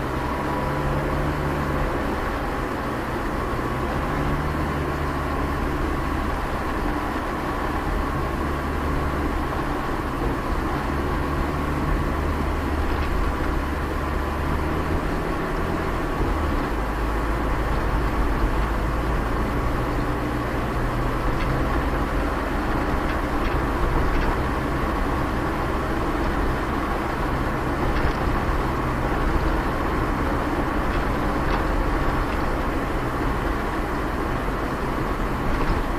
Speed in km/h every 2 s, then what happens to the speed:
33, 35, 34, 34, 35, 34, 35, 38, 40, 41, 43, 45, 47, 47, 48, 48, 48, 47.
0-12 steady at about 34. 12-24 speeds up to 47. 24-36 steady at about 47.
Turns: none.